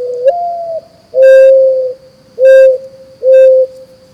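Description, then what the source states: Mourning Dove cooing: a soft, low rising first note, then three steady, mellow coos. Gentle cooing sound.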